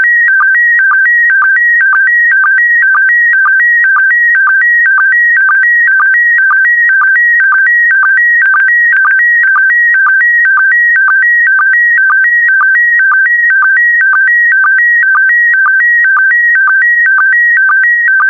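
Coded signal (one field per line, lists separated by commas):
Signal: SSTV (slow-scan television)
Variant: PD120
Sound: warbling tone jumping between pitches, with short low sync blips twice a second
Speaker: the next image transmission will start in 10 seconds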